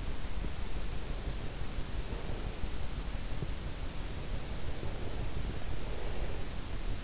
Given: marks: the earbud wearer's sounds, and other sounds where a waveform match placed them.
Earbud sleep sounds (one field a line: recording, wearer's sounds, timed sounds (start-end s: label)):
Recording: sounds in sleep by an in-ear microphone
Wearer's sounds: breath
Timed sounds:
1.78-2.71 s: breath
4.62-6.85 s: breath